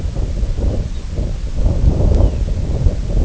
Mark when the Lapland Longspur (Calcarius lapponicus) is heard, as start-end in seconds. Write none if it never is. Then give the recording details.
0.86-1.07, 2.15-2.45. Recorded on Arctic tundra, site IGLO-D, on 19 June 2018. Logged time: 14:00